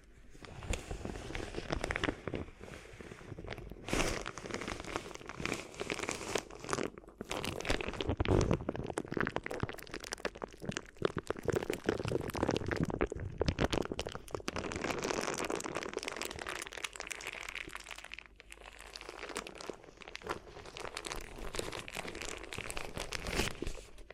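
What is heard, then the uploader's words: Crinkly ear massage: dense, continuous crackling and rustling made of rapid tiny clicks and crunches, bright and full across the range. The texture swells and thins in waves, with brief quieter gaps around 4, 7 and 18 seconds. ASMR Addictive Crinkly Ear Massage (No Talking).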